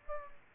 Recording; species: mosquito wingbeat signal from an infrared sensor; Aedes aegypti